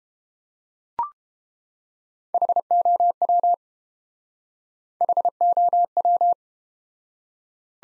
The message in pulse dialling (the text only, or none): none